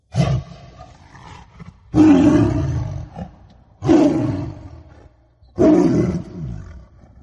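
A tiger roars four times in a row in a quiet forest at night, each deep, rumbling bellow starting loud and trailing off, with short quiet gaps between them and no talking.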